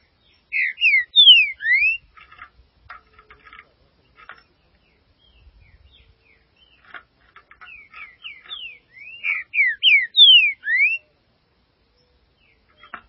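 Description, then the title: Green-winged saltator singing two loud phrases of clear slurred whistles, separated by soft chattering notes and short twitters. "Trinca Ferro"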